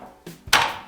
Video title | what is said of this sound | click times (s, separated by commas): Harbor Freight Badlands 3 Ton Off Road Jack | and it locks into place | 0.5 s